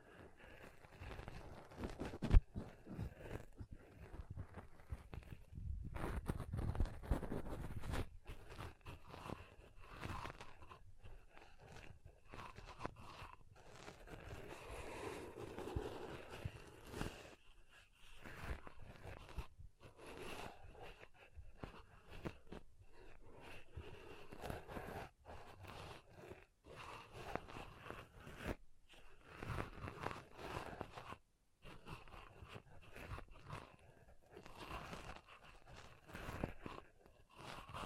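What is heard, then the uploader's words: Pom pom tingles: dense, irregular crinkling and scratchy rustling run nearly the whole time, in quick uneven bursts. A fuller, deeper stretch comes around six to eight seconds, with brief near-silent gaps later. A faint steady whine sits underneath. ASMR Ultimate Pom Pom Tingles (No Talking).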